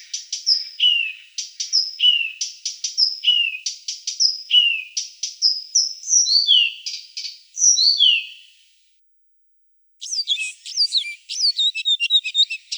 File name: Acrocephalus dumetorum